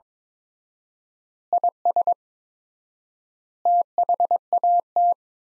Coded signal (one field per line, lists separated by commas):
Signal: Morse code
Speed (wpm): 22 wpm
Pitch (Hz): 700 Hz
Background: none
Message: IS THAT